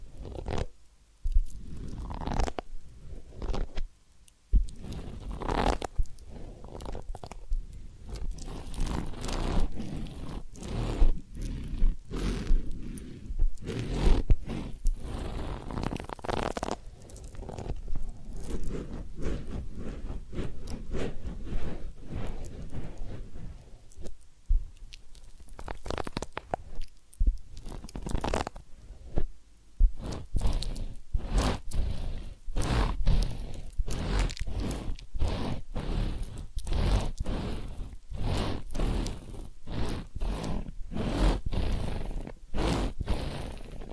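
Massage and spa sounds made of close, continuous rubbing and crunchy scratching, with quick irregular strokes filling the full 44 seconds. Brief pauses break the texture near 4–5 and 24–25 seconds, and the later half has sharper, more distinct scraping strokes.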